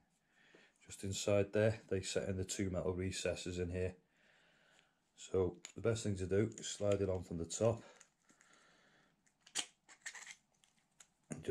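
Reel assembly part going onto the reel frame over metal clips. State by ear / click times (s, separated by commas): seated / 9.6 s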